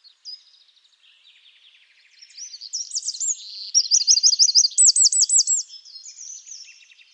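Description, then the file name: Eurasian wren song, soft twittering at first, then a loud, rapid sequence of high warbles and rolling trills over several seconds before fading. "Troglodytes troglodytes"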